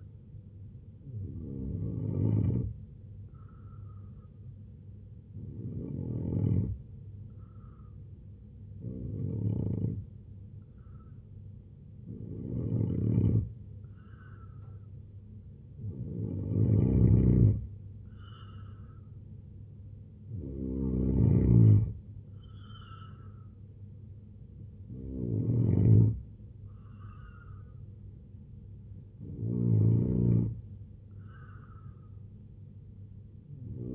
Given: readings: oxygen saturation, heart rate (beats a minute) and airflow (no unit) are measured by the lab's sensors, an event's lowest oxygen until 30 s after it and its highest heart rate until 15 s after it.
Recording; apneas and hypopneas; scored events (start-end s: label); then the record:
breathing in sleep by a smartphone at the bedside; 1
3.00-23.70 s: hypopnea (N2, oxygen 91% highest, then 88% lowest, heart rate 75 at the start, 80 highest)
From the record:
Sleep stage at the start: N2 (light sleep); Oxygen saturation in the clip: 87 to 91%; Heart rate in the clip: 72 to 80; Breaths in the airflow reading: 8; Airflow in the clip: -3.4 to 5.9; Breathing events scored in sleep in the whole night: 258 in 7.4 hours asleep